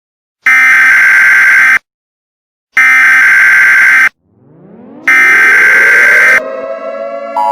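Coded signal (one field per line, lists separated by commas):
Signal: Emergency Alert System (SAME) tones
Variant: header bursts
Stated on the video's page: Fictional EAS scenario about a Doom-inspired hell invasion, a simulated alert.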